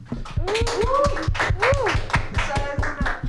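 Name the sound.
audience applause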